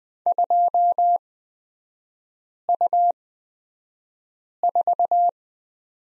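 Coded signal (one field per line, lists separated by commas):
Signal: Morse code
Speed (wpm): 20 wpm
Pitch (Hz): 700 Hz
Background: none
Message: 2U4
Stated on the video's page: Morse lesson on the letter Q in three-character groups, Farnsworth speed 20/10 wpm.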